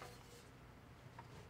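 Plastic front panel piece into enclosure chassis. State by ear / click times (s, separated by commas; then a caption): not seated / none. During reassembly of a Drobo storage enclosure, a plastic front-panel piece is being lined up against the chassis to fit around the circuit board and the light pipes for the front LEDs. Only quiet, steady handling noise and faint scraping are heard. Nothing has seated or clicked yet.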